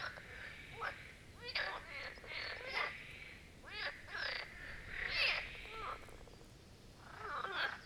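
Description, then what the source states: Marsh frogs in chorus, several overlapping pulsed, rattling croaks, calls running into each other over a faint background hiss. Chorus of marsh frogs at the Birkensee, Schönbuch, Germany, on one of the first proper hot summer days of 2023.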